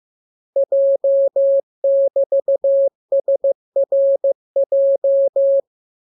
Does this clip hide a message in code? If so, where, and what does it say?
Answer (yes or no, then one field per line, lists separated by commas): yes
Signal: Morse code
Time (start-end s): 0.6-5.6 s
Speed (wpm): 15 wpm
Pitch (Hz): 550 Hz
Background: none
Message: J<BT>SRJ